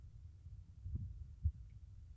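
Heartbeat sounds: low, muffled thumps of an adult's heartbeat, heard with the ear held against the chest.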